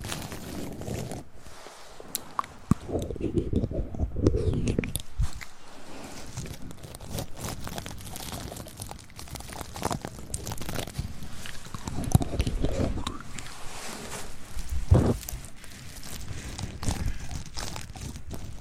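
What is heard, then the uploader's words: Mouth sounds for ASMR: a dense run of wet clicks, smacks and crunchy taps, sharp and irregular, continuing throughout. A fuller, rustling stretch around three to five seconds and again near twelve, with one bright snap just before fifteen seconds. ASMR Tingly Mouth Sound Triggers.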